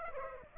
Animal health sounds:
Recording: mosquito wingbeat signal from an infrared sensor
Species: Aedes aegypti

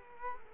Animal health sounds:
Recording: mosquito wingbeat signal from an infrared sensor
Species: Culex quinquefasciatus

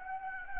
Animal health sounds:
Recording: mosquito wingbeat signal from an infrared sensor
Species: Anopheles gambiae

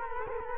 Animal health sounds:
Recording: mosquito wingbeat signal from an infrared sensor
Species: Culex quinquefasciatus

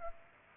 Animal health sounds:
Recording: mosquito wingbeat signal from an infrared sensor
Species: Culex pipiens

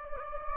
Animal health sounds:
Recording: mosquito wingbeat signal from an infrared sensor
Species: Anopheles gambiae

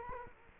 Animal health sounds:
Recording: mosquito wingbeat signal from an infrared sensor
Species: Culex quinquefasciatus

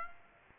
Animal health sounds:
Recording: mosquito wingbeat signal from an infrared sensor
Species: Aedes aegypti

